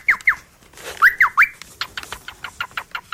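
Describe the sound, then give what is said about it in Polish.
A bird calls with a few clear whistled notes, two sliding down and three sweeping up, followed by a quick, steady run of short sharp chirps. “Co to za odgłosy? Ptak.”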